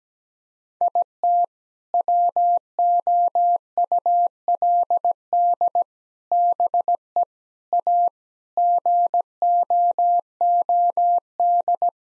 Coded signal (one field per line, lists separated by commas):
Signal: Morse code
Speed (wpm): 17 wpm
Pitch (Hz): 700 Hz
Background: none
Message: IT WOULD BE A GOOD